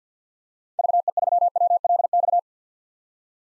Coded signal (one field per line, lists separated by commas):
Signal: Morse code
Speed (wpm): 50 wpm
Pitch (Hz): 700 Hz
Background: none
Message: VE3WLX